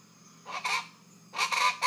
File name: Rufous-vented Chachalacas